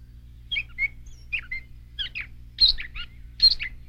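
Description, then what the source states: Gray Catbird song: short squeaky notes in varied quick bursts with brief pauses, over a low steady hum. Normal song, made of squeaky sounds that are attempts to mimic other birds.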